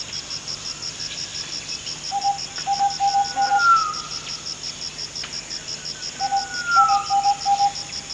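Fluffy-backed tit-babbler calls: quick runs of short level mellow notes alongside a slurred descending whistle, twice, over a steady high pulsing insect chorus.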